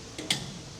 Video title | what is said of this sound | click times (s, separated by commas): DIY Hub Service - Work Trailers | All righty, you guys heard the click. That's 50 foot-lbs. | 0.3 s